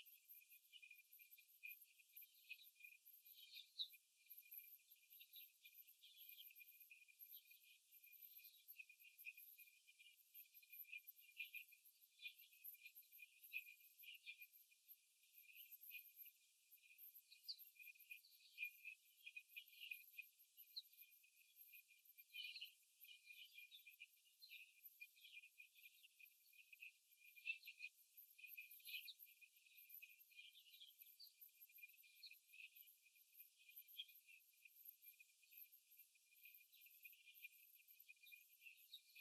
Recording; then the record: young laying hens in a cage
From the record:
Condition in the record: after the stressor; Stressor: simulated dog barking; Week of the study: 3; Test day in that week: 2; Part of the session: 3